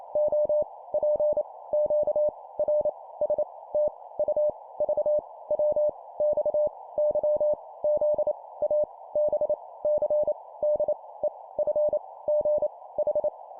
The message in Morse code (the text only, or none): O P Q R S T U V W X Y Z A B C D E F G H